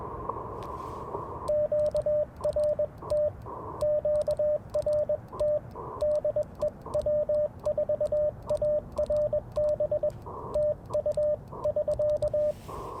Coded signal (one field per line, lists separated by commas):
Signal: Morse code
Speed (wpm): 21 wpm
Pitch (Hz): 590 Hz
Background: radio noise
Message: QRT QRT DE W4ARB TU <SK>